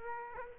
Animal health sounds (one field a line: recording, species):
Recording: mosquito wingbeat signal from an infrared sensor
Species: Aedes aegypti